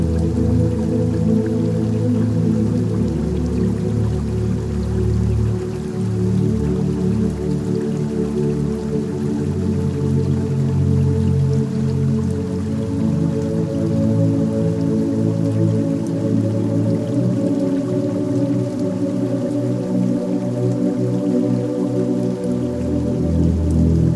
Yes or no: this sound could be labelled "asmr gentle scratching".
no